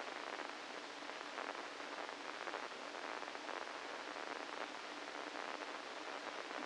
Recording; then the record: brain microelectrode recording played as sound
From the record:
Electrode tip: inside the subthalamic nucleus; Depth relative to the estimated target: -3 mm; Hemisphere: right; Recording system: NeuroSet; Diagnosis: Parkinson's disease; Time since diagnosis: 8 years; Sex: male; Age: 65 years